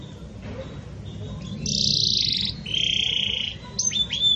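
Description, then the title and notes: Belgian canary, fairly soft: a dense high buzzing trill, a short gap, a lower rolling trill, then several quick upward-slurred notes. Pure "campainha" song style, with pauses, for training. "Canto Canário Belga Campainha Puro Com Pausa Para Treinamento. CANARIO BELGA"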